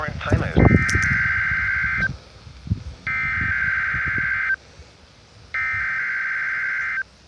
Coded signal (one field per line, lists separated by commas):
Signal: Emergency Alert System (SAME) tones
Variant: header bursts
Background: speech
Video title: (EAS #75) Required Weekly Test